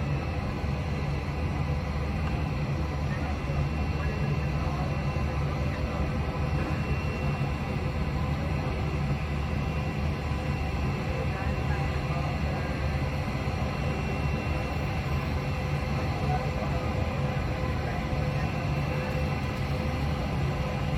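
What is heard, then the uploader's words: An airplane coming into the gate at Charlotte Douglas International, its engines a steady, dense, deep rumble that never lets up. Several thin, level whining tones sit above the roar throughout, and the loudness holds even for the whole stretch, with faint voices possibly underneath. A320 sunset. Airplane coming into the gate at Charlotte Douglas International.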